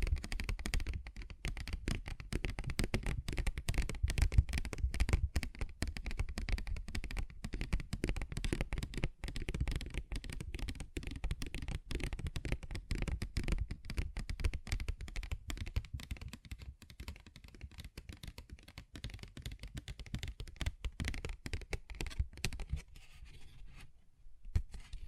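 Fingers tap and scratch on a paper bag in a dense, uneven stream of short crisp clicks and rustles that barely pause. The sound holds a steady busy level with a low thumping undertone, then thins out and grows sparser over the last few seconds.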